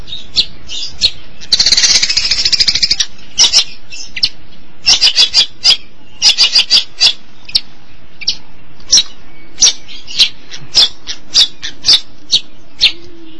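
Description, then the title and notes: Long-tailed Shrike giving a harsh, scratchy chatter of short rasping notes, with a dense burst near the start and then separate notes spaced irregularly. Recorded March 2017. "Pentet 201703. Suara burung pentet"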